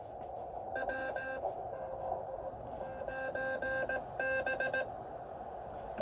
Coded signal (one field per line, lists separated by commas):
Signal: Morse code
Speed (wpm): 17 wpm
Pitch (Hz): 1600 Hz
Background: none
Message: W PB